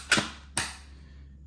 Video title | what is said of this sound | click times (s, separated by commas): How to Use and Set Up Dyson V10 Animal Vacuum Cleaner | it clicks back into place | 0.6 s